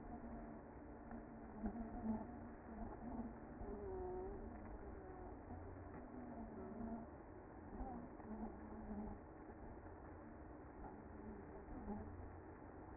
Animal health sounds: honeybee colony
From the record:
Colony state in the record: active

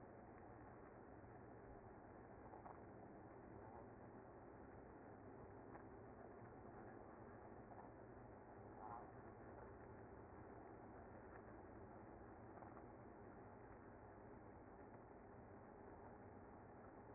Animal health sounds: honeybee colony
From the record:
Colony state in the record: active

